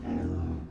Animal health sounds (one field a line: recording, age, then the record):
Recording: pig call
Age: growing-finishing pig (85 days or more)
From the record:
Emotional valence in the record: negative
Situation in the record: barren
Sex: female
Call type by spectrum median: low-frequency call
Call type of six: low-frequency stable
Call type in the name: low-frequency stable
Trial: 1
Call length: 0.71 s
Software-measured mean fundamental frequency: 47 Hz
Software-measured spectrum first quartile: 94 Hz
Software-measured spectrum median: 199 Hz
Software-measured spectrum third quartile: 322 Hz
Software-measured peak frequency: 252 Hz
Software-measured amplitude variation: 127 dB a second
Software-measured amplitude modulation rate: 31.9 a second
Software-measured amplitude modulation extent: 4.0 dB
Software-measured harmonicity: -1.5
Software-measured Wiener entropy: -0.22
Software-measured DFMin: 1072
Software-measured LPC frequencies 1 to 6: 266, 1642, 2561, 3723, 4740, 5346 Hz